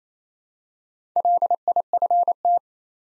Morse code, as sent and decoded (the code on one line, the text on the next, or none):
.-.. .. ..-. -
LIFT